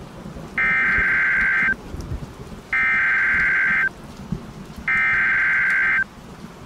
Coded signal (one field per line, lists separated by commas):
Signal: Emergency Alert System (SAME) tones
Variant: header bursts